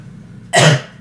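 A single abrupt, explosive cough from an adult lasts about a quarter of a second against a quiet room. Its harsh burst sounds like a sneeze, which is why listeners mistook it for one. It is an ordinary isolated cough.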